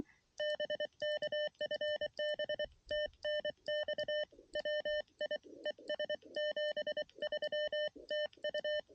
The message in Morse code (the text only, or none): BK FB TNX WI ES 73 TU